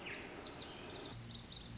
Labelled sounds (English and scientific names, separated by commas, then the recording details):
Pacific Wren (Troglodytes pacificus)
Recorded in Sonoma County, California